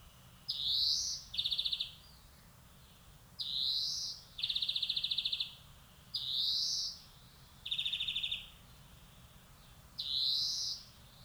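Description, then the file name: European greenfinch giving drawn-out rising wheezy notes alternating with fast buzzy trills, phrases repeated every two to three seconds over a faint low hum. "Chloris chloris"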